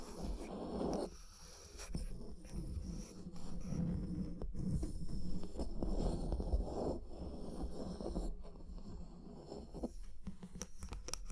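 Scratching and scraping sounds run almost continuously, low and rough, with brief pauses near 1, 4.5 and 8 seconds. Sharp taps cut through at irregular moments, one around 6.5 seconds. A faint hiss sits underneath throughout.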